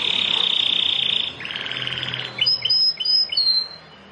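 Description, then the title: Bar-winged prinia singing a long steady buzzy trill that drops lower, followed by a few sharp high chirps and whistled notes. "Ciblek Sawah"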